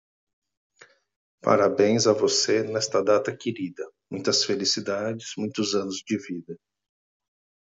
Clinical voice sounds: short text; Brazilian Portuguese; male; 40 to 49 years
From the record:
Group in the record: control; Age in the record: 42 years

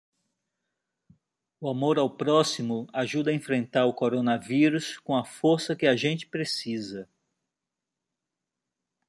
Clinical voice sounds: spoken sentence; Brazilian Portuguese; male; 60 to 69 years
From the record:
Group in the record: control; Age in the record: 60 years

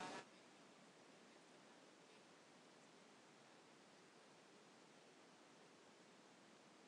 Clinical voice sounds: short text; Brazilian Portuguese; female; 30 to 39 years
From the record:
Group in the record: control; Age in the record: 34 years

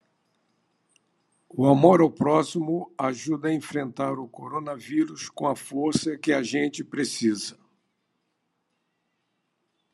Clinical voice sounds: spoken sentence; Brazilian Portuguese; male; 70 to 79 years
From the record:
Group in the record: control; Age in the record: 70 years

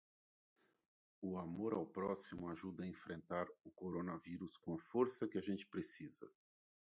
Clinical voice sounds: spoken sentence; Brazilian Portuguese; male; 50 to 59 years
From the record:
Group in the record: control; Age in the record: 50 years

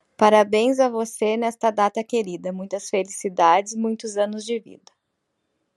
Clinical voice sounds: short text; Brazilian Portuguese; female; 40 to 49 years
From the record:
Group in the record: control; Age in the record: 43 years

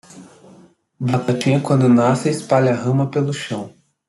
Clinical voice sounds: short text; Brazilian Portuguese; male; 20 to 29 years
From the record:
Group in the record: control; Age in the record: 28 years

